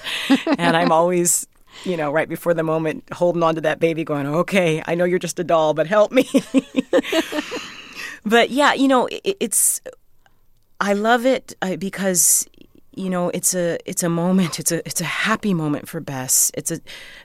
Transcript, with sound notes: And I'm always, you know, right before the moment, holding onto that baby, going OK, I know you're just a doll, but help me.
(LAUGHTER)
But yeah, you know, it's - I love it because, you know, it's a moment, it's a happy moment for Bess.